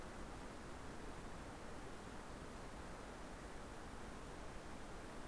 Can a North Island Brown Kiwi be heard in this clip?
no